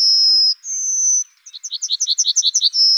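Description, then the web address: Yellowhammer song: two long high whistled tones, then a fast series of repeated chirping notes, ending on another sustained whistle. "Emberiza citrinella"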